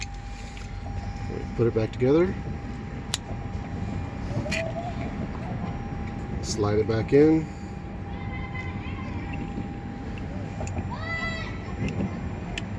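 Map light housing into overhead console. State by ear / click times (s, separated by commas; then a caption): not seated / none. After an LED bulb swap from a Fyre Flys interior light kit in a 2014-2019 Toyota Highlander, the plastic map light housing is handled and slid back toward the overhead console while someone talks. There is soft plastic handling with a few brief ticks, the sharpest near 3.1 s. The housing has not snapped into place yet by the end of the clip.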